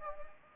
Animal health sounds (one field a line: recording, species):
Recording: mosquito wingbeat signal from an infrared sensor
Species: Anopheles gambiae